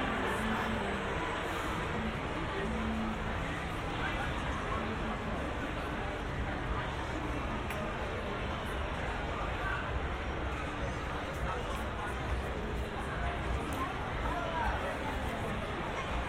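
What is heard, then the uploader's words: Walking past outdoor restaurants and bars in the Gaslamp Quarter, San Diego, a dense, steady blur of many voices talking at once fills the whole stretch. Traffic rumbles low underneath, and no single voice or event stands out. San Diego. In public. At a distance. I walked through the outdoor restaurants/bars in the Gaslamp Quarter.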